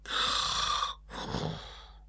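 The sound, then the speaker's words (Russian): A voice imitates the character Korostelev snoring as he sleeps on a couch in the drawing room with his head on a gold-embroidered silk pillow: a long, raspy inhaled snore followed after a brief pause by a softer, rougher second snore, with no words spoken. “Храпел он.”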